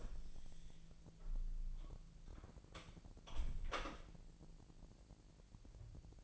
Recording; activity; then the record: daily activity, microphone in the room; close door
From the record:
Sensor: 5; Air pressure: 1001.4 hPa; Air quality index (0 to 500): 249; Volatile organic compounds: 36 ppm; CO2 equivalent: 3071 ppm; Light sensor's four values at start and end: 37/85/34/32 and 37/85/34/32